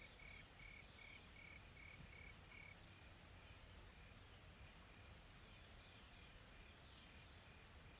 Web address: Smart Sound FX - Nature South Africa AMBIENCE Additional Tropical Forest Soft Insects Calm